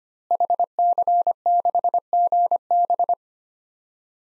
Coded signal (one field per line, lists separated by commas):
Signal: Morse code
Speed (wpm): 25 wpm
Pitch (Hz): 700 Hz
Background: none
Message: HC6GB